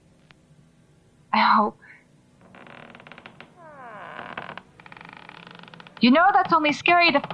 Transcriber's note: floorboards creak repeatedly, growing louder